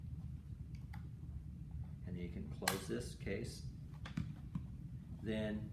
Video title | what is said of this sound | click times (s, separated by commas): iPad and wireless mic tutorial | you just line that up slide it in until it clicks in firmly and | 0.9 s